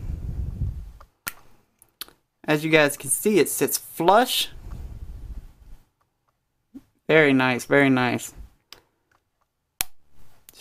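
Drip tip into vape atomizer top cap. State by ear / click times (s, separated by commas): seated / 9.8 s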